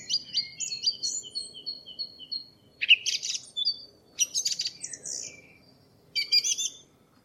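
Song thrush singing varied phrases: a stuttered high whistle, a harsh scratchy burst, then brief squeaky notes separated by short pauses, with faint low background noise.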